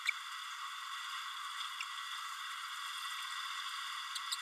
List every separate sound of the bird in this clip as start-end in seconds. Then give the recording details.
0.07-0.10, 4.31-4.35. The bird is a male. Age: 31 days. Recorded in a nest box in Venezuela. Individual 17B32A6